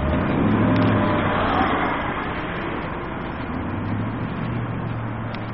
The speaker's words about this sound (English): Bus just pulled up.